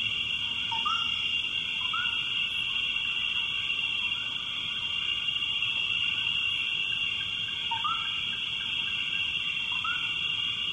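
Frog calling with short upward-sweeping notes, repeated at irregular intervals, over a constant high-pitched drone.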